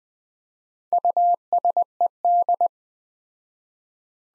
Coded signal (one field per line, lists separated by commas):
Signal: Morse code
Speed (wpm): 20 wpm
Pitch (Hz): 700 Hz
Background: none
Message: USED